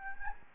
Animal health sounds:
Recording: mosquito wingbeat signal from an infrared sensor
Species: Anopheles gambiae

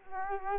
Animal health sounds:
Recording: mosquito wingbeat signal from an infrared sensor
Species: Culex quinquefasciatus

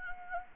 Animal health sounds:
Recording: mosquito wingbeat signal from an infrared sensor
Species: Anopheles gambiae

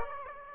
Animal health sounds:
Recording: mosquito wingbeat signal from an infrared sensor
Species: Aedes aegypti

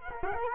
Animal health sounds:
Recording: mosquito wingbeat signal from an infrared sensor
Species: Culex quinquefasciatus

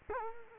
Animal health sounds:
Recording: mosquito wingbeat signal from an infrared sensor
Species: Culex quinquefasciatus

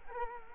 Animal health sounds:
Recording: mosquito wingbeat signal from an infrared sensor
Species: Culex quinquefasciatus

